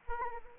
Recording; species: mosquito wingbeat signal from an infrared sensor; Anopheles arabiensis